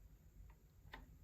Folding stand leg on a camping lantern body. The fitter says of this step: you're able to take these and fold them down oh they like Snap into place watch